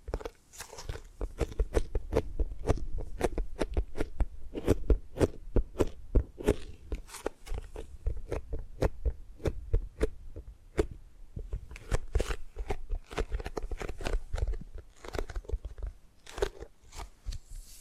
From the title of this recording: Tapping and Gripping Sounds